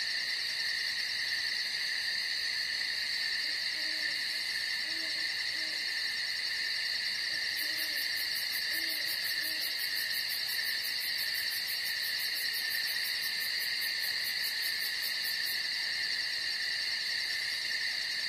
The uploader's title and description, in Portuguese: Som de Noite na Floresta com Lobos. Coral noturno dos grilos e insetos juntamente com os uivos dos lobos que rondam a floresta